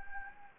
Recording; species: mosquito wingbeat signal from an infrared sensor; Anopheles gambiae